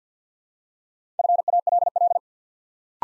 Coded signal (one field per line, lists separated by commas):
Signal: Morse code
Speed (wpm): 50 wpm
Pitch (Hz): 700 Hz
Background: none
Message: FALL